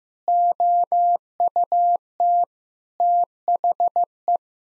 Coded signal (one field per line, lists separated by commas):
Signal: Morse code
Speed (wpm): 15 wpm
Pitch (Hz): 700 Hz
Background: none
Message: OUT THE